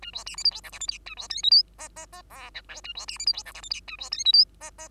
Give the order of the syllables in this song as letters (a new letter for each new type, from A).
A B C D E F G H I J A B K L M N N N O P Q A B C D E F G H I J A B K L M N N